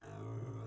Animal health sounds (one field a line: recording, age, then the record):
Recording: pig call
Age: weaner (32 to 43 days)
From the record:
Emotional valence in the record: negative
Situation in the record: restrain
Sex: male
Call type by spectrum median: low-frequency call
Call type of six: low-frequency stable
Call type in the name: low-frequency stable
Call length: 0.67 s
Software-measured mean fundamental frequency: 55 Hz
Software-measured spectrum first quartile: 115 Hz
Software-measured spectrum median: 216 Hz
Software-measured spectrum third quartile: 570 Hz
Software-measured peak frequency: 122 Hz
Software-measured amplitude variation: 116 dB a second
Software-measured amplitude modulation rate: 28.2 a second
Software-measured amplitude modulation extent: 4.1 dB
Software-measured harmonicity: -4.3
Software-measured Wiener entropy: -0.06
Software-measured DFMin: 737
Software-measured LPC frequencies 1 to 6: 1149, 3292, 5169, 6130, 7333, 7995 Hz